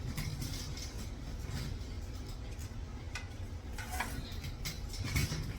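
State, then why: Seated. A one-piece plastic splash pan is fitted onto a Nidec Shimpo tabletop pottery wheel and twisted, with plastic scraping and handling noises over a low background hum. Sharp clicks at 3.2 s and 4.0 s mark the pan locking into place, seated.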